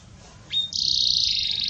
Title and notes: Canto Canário Belga Campainha Puro Com Pausa Para Treinamento. CANARIO BELGA